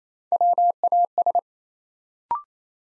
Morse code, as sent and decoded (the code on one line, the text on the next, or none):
.-- .- ...
WAS